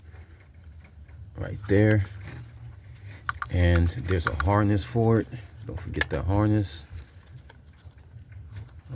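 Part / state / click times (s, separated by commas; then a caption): engine wiring harness connector into its sensor or component plug / seated / 9.0 s. While replacing the upper and lower intake manifold gaskets on a 2005 Honda Accord 3.0L, a plastic engine wiring harness connector is pushed onto its mating sensor or component plug on the intake area until it latches. Someone talks through most of the clip, with a few faint handling taps in between. The connector clicks in and seats at 9.0 s.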